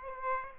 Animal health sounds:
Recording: mosquito wingbeat signal from an infrared sensor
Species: Aedes aegypti

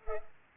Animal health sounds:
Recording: mosquito wingbeat signal from an infrared sensor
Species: Culex pipiens

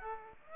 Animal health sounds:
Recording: mosquito wingbeat signal from an infrared sensor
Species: Aedes aegypti

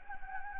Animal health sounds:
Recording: mosquito wingbeat signal from an infrared sensor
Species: Anopheles gambiae

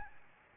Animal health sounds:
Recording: mosquito wingbeat signal from an infrared sensor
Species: Aedes albopictus

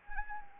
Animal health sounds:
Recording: mosquito wingbeat signal from an infrared sensor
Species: Anopheles arabiensis

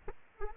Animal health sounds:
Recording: mosquito wingbeat signal from an infrared sensor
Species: Aedes aegypti

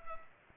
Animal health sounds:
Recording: mosquito wingbeat signal from an infrared sensor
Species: Culex pipiens

